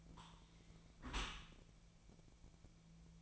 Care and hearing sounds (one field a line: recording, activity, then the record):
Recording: daily activity, microphone in the room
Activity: close dishwasher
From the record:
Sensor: 1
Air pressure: 1000.5 hPa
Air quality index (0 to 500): 183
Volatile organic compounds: 4 ppm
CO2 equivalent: 1683 ppm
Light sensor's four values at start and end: 11/26/11/12 and 11/26/11/12